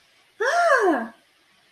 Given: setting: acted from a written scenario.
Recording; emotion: vocal sound without words; elation